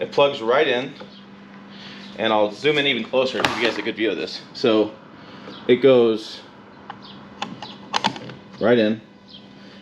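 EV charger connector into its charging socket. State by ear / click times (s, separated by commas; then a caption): seated / 8.0 s, 8.1 s. A Lectron Level 2 EV charger's plug is pushed fully into its charging socket while someone talks. After a few soft knocks, it latches with sharp clicks at 8.0 and 8.1 seconds. It is then locked in place until its button is pressed.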